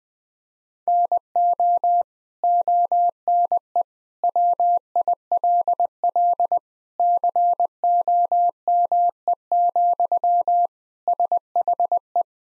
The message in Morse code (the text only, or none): NO ONE WILL COME, SHE